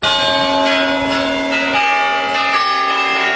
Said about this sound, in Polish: Jak Państwo słyszą, prosto z Placu Czerwonego, gdy biją kremlowskie kuranty